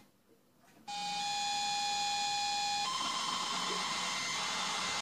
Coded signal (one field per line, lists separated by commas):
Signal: ZX Spectrum tape loading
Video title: ZX Spectrum on 4k SUHD tv